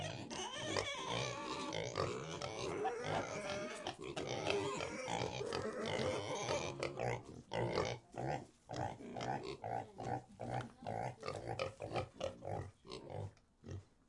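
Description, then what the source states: Pigs grunting and squealing in a dense, overlapping chorus, busy at first, then thinning into separate short grunts toward the end. In a pig sty.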